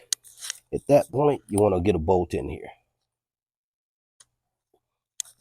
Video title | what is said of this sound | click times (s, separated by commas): Eccentric actuator installation 07 BMW X3 | you'll you'll hear a click and you'll feel it kind of engage | 0.1 s